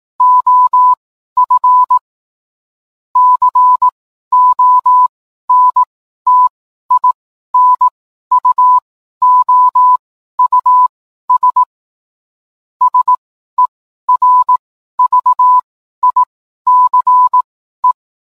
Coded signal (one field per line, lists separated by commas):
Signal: Morse code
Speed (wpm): 18 wpm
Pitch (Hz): 1000 Hz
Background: none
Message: OF CONTINUOUS SERVICE